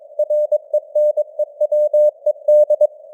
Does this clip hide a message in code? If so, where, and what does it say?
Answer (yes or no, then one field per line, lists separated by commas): yes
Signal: Morse code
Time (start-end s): 0.2-2.9 s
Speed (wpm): 22 wpm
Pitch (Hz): 600 Hz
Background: none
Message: RENEWED